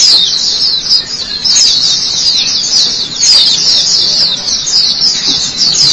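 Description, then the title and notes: White-eye producing a busy, high, thin twittering song, quick notes blending into a continuous chatter. White-eye chirping song. "Kicauan Burung Pleci Durasi Panjang. Suara kicauan burung pleci"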